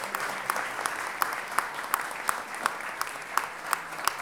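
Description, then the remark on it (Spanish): An audience applauds a woman singer and music teacher in a dense, steady wash of clapping, with sharper claps landing on a regular beat throughout. The applause stays at an even, moderate level for a few seconds. “un aplauso grande porque”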